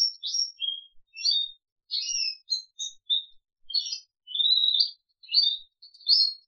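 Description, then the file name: Crested canary song in quick high chirps, short trills and a sliding whistle, phrases broken by short silences. "audio kenari jambul"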